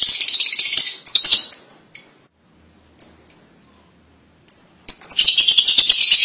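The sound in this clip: Lovebird chatter: harsh, shrill buzzing bursts at the start and end, with scattered single high squeaks in between.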